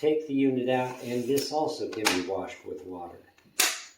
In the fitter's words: Good solid click.